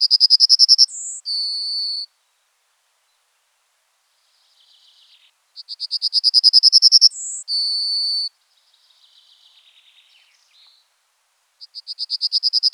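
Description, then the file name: Yellowhammer song: a quick run of repeated high, buzzy notes ending in a held lower note. The phrase comes twice, with soft faint notes between, and a new phrase begins at the end. "emberiza citrinella"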